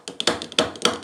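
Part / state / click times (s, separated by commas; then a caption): plastic cap on a washing machine / released / 0.6 s. A plastic cap on a leaking washing machine is pushed in to click its catch so it can be taken off. A quick series of sharp taps and clicks is heard, with the catch clicking at 0.6 s, and the cap is released.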